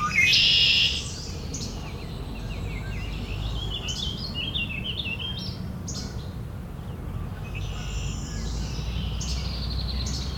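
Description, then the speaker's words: Red-winged Blackbird calls: a loud harsh burst opens, followed by a run of quick scratchy chirps over low background hum. Red-winged blackbirds calling as if arguing, southern Ontario, recorded while testing a bird sound ID app. "Red-winged blackbird's having an argument here."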